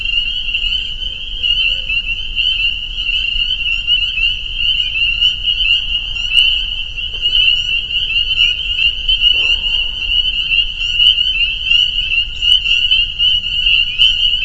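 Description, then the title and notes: Loud chorus of spring peepers, high peeps running together continuously, a few faint lower calls and occasional clicks in the background. Soundscape of a spring peeper chorus at a pond on friends' property in northern Vermont. "Peepers. a soundscape recorded at the peeper pond on our friends' property in northern Vermont"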